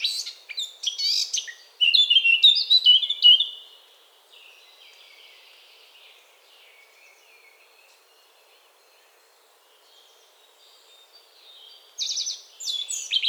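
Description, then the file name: Eurasian blackcap song: a scratchy, quick warble that runs into clear, fluty, falling whistles, then a long pause before a new phrase starts near the end. "Sylvia atricapilla"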